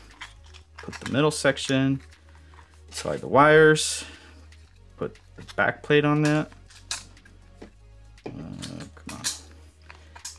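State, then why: Seated. Someone talks while the wires are slid through the middle section of a 3D-printed toy traffic light housing and the plastic backplate is pressed onto it. A sharp snap is heard at 6.9 s, surrounded by a few faint clicks and taps, and the backplate is seated in place.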